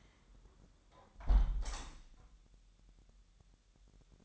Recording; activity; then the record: daily activity, microphone in the room; close window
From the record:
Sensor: 3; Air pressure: 1000.3 hPa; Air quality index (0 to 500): 242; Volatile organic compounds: 149 ppm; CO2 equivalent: 4019 ppm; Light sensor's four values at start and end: 10/24/10/10 and 10/23/9/9